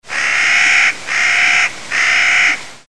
Sound recording of Clark's Nutcracker, Yosemite National Park, California.